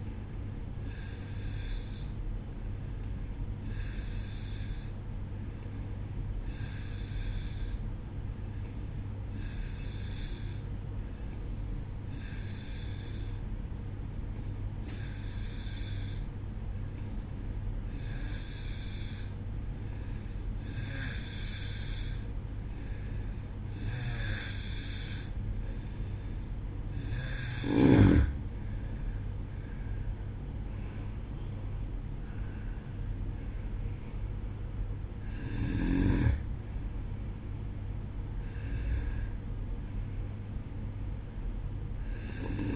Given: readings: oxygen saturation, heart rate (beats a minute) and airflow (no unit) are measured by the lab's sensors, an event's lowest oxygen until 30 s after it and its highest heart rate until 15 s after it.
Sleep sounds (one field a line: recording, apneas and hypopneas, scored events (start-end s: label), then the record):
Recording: breathing in sleep by a smartphone at the bedside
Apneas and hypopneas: none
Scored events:
none scored
From the record:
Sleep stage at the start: N2 (light sleep)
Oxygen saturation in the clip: 89 to 91%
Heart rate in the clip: 62 to 70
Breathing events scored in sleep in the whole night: 305 in 9.6 hours asleep